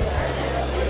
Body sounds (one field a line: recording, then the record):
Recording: background sound without coughing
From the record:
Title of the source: CITY SOUNDS Busy Bar in the Evening Night - 2 HOURS of Ambiance for Relaxation